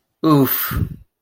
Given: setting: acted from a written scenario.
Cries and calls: vocal sound without words; embarrassment

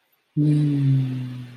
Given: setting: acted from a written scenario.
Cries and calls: vocal sound without words; serenity

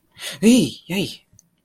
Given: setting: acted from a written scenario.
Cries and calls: vocal sound without words; negative surprise

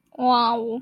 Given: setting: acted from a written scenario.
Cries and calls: vocal sound without words; awe

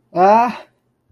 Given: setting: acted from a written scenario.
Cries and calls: vocal sound without words; fear

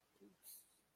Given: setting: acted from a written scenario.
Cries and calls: vocal sound without words; guilt

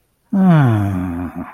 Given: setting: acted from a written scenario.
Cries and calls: vocal sound without words; serenity

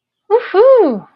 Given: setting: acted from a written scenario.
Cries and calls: vocal sound without words; triumph

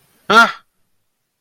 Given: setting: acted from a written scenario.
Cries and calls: vocal sound without words; fear

